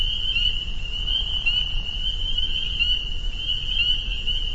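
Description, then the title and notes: Spring peeper: frog chorus of high, thin piping peeps, softer here, over a stronger low rumbling background. Soundscape at a peeper pond on friends' property in northern Vermont. "Peepers. the peeper pond on our friends' property in northern Vermont"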